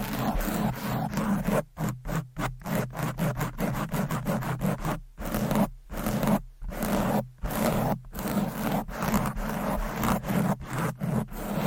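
Fast, aggressive scratching on a microphone: rough, loud rubbing strokes packed tightly together for the full twelve seconds. Brief near-silent gaps cut in irregularly, longest around five to eight seconds, and a low rumble sits under each stroke.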